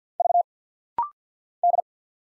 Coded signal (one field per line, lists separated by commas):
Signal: Morse code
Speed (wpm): 48 wpm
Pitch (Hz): 700 Hz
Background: none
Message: V D